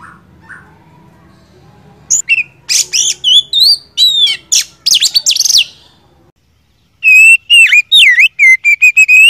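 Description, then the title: Oriental magpie-robin song of bright whistled phrases and sharp chips. A brief pause is followed by a fast series of wavering, repeated whistles. First-place champion (juara) song, used to train other songbirds (masteran). "Masteran Kacer Juara"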